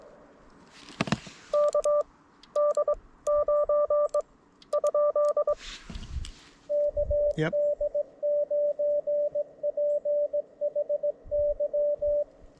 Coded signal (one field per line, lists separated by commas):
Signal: Morse code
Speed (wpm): 21 wpm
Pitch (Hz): 590 Hz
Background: radio noise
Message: K D 9 ? KD9PHY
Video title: QRP with lousy band conditions? Let's give it a shot!